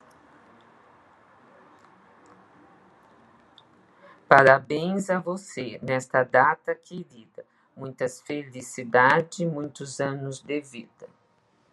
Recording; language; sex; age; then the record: short text; Brazilian Portuguese; female; 60 to 69 years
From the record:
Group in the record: control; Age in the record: 65 years